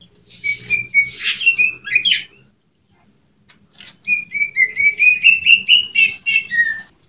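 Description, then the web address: Leafbird song: two bursts of clear whistled notes, the second a long series of short slurred phrases, with a quiet pause between. Female; training recording (masteran) used for teaching songs to other birds. "audio cucakijo-betina. masteran cucak-ijo"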